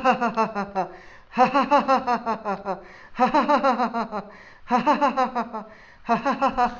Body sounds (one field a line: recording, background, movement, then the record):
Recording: laughter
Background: quiet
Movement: sitting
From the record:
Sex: male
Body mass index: 20.6 kg/m2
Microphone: on the chest, facing outward